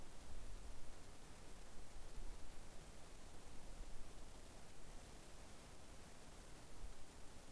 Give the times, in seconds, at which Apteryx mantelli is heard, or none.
none